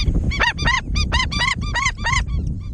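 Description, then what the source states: Indian skimmer calls, a quick run of repeated nasal yapping notes, several per second, over steady low background noise. Nests on river sandbars in South Asia; population declining.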